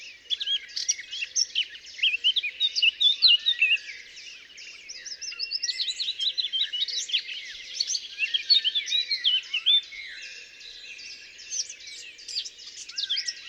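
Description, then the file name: Eurasian blackcap song: bursts of quick, varied warbling and chirping notes, pausing briefly between phrases. "Sylvia atricapilla"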